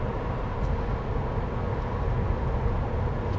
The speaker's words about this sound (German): Ich gehe davon aus, dass hier diese lauten Fahrgeräusche möglicherweise recht störend wirken können. Das werden wir dann nachher sehen. Aber live ist live, da kann man nichts dran machen.